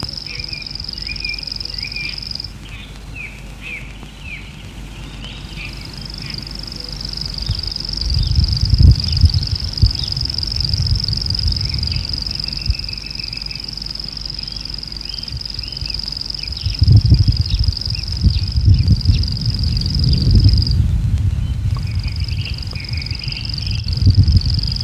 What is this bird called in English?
Common Grasshopper Warbler